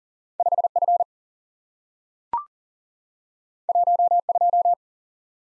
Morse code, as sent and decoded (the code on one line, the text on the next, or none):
..... / ..-. / .---- / ..---
5 F 1 2